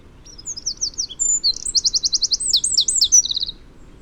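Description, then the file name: Eurasian wren song of high, quick slurred notes leading to a strong fast trill and a final chattering run of sliding notes. "Troglodytes troglodytes"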